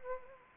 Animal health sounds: mosquito wingbeat signal from an infrared sensor; Anopheles arabiensis

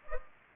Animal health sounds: mosquito wingbeat signal from an infrared sensor; Culex pipiens

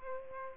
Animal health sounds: mosquito wingbeat signal from an infrared sensor; Aedes aegypti

